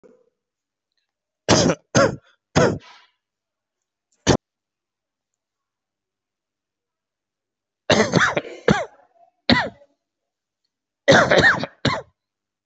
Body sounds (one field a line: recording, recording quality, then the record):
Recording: shallow voluntary cough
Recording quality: excellent, no background noise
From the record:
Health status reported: COVID-19 positive, mild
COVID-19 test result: positive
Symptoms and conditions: cough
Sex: male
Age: 36 years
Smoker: not ticked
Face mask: worn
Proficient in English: yes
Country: India